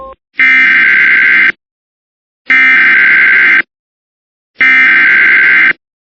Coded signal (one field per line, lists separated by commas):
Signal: Emergency Alert System (SAME) tones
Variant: header bursts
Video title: EAS - Severe Thunderstorm Warning (VAILD TONES)